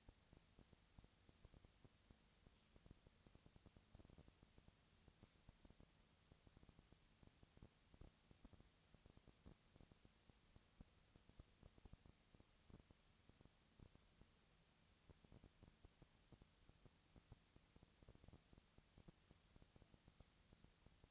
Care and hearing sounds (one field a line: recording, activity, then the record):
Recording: daily activity, microphone in the room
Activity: no activity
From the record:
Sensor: 3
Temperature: 20.6 degrees Celsius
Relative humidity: 35.7%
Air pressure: 998.8 hPa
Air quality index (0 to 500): 235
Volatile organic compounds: 71 ppm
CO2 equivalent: 3525 ppm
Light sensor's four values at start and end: 2/3/2/2 and 2/3/2/2